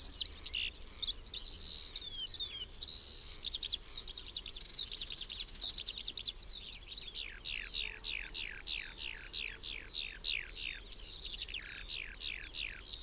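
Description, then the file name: Eurasian skylark song, varied warbling phrases giving way to a run of repeated sharp downslurred chirps, then more warbling, over a soft background hiss. "SKOWRONEK"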